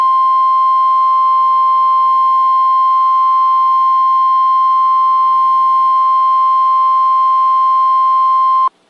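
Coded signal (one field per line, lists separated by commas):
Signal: Emergency Alert System (SAME) tones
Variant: 1050 Hz attention tone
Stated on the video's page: Alerts received from stations in Columbus, Butler and Bridgeport, Ohio, and Pittsburgh, Pennsylvania.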